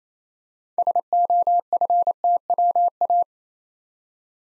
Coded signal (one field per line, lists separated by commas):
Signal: Morse code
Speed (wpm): 27 wpm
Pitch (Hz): 700 Hz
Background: none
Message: SOFTWA